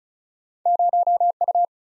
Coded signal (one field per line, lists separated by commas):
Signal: Morse code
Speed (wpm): 36 wpm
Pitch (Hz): 700 Hz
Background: none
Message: 0U